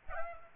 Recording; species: mosquito wingbeat signal from an infrared sensor; Aedes albopictus